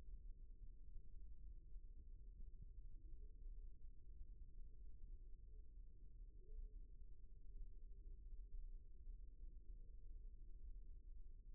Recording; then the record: forearm muscle sounds (acoustic myography)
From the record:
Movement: rest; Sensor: system 1, eight BSWA MPA416 microphones around the upper forearm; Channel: 2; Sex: male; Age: 18 years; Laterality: right